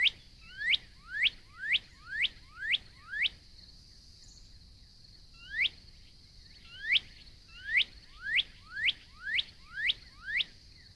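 Northern cardinal song: loud downward-sweeping whistles repeated about twice a second in two bursts separated by a short pause, over a faint high hiss.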